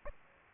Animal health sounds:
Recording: mosquito wingbeat signal from an infrared sensor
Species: Aedes aegypti

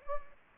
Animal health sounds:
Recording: mosquito wingbeat signal from an infrared sensor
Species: Anopheles gambiae

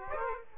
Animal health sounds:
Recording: mosquito wingbeat signal from an infrared sensor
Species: Aedes aegypti

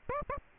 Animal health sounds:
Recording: mosquito wingbeat signal from an infrared sensor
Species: Aedes aegypti

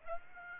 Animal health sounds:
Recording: mosquito wingbeat signal from an infrared sensor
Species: Aedes aegypti

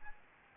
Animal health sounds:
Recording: mosquito wingbeat signal from an infrared sensor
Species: Aedes albopictus

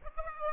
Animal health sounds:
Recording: mosquito wingbeat signal from an infrared sensor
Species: Aedes albopictus

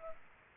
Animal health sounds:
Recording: mosquito wingbeat signal from an infrared sensor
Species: Culex pipiens

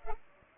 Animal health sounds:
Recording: mosquito wingbeat signal from an infrared sensor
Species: Culex pipiens

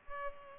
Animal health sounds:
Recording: mosquito wingbeat signal from an infrared sensor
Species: Culex pipiens

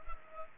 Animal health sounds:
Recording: mosquito wingbeat signal from an infrared sensor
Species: Culex pipiens

